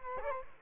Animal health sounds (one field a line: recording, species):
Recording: mosquito wingbeat signal from an infrared sensor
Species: Culex quinquefasciatus